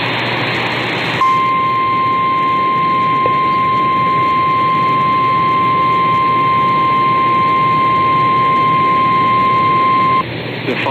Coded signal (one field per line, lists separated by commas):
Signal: Emergency Alert System (SAME) tones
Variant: 1050 Hz attention tone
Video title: Hot 96.7 (WHTQ Whiting, Wisconsin) EAS Severe Thunderstorm warning (4/13/2026)